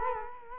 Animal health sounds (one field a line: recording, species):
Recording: mosquito wingbeat signal from an infrared sensor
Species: Culex quinquefasciatus